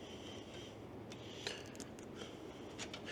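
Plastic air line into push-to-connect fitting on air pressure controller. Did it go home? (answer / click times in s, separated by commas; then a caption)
yes / 1.5 s. A square-cut plastic DOT air line is pushed into a push-to-connect fitting on the air pressure controller for an F250's air bag suspension. Soft rubbing and scraping sit over steady background noise until a sharp click at 1.5 s, followed by a few faint ticks. The line clicks in and is seated.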